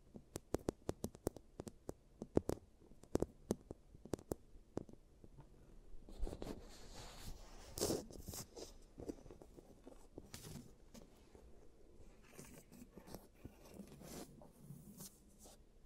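A teeth treatment sound effect opens with sharp, fast clicks and taps for about six seconds. From there a denser, rougher scraping and grinding takes over, with irregular crunches and knocks continuing to the end.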